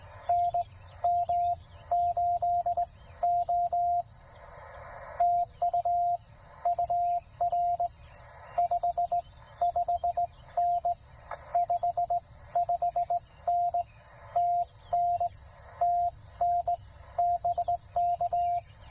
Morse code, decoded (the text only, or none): NM8O TU UR 55N 55N TN TN BK